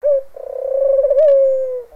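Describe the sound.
Bird call: one low hooting coo about two seconds long, opening with a short note and then a rattling pulse for nearly a second, settling into a steady tone that falls slightly at the end.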